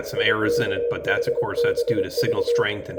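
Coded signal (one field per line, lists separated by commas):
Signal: Morse code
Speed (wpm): 25 wpm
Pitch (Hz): 480 Hz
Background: speech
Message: IKHBV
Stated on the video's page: French military coded messages received on a Kiwi SDR in Ireland.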